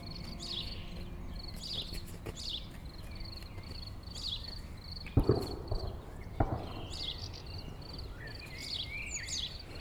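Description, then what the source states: Crickets chirping in steady pulsed bursts throughout, with a few bird calls and two sharp knocks. Crickets in a pasture near Chindrieux, France; birds calling near and far.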